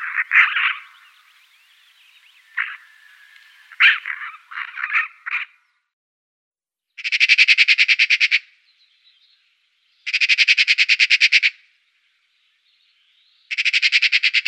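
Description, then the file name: Eurasian magpie giving several uneven harsh squawks, then three machine-gun rattles of fast, grating notes with short pauses between them. "Elster Pica pica"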